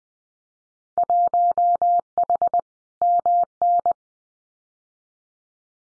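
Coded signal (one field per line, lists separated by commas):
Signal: Morse code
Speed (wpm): 20 wpm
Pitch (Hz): 700 Hz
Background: none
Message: 1H MN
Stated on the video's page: Simulated Winter Field Day exchanges in Morse at 20 wpm for head-copy practice, each sent, spoken, then sent again.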